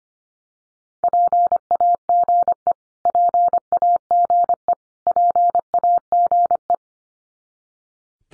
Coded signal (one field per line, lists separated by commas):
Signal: Morse code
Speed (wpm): 25 wpm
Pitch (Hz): 700 Hz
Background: none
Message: PAGE PAGE PAGE